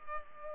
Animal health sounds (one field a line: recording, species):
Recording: mosquito wingbeat signal from an infrared sensor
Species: Culex pipiens